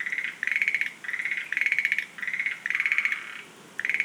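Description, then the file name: Schlegel's green tree frog giving rapid back-to-back pulsed trills, almost continuous, with a short gap before a final burst. "rodolphe alexis - rhacophorus schlegelii"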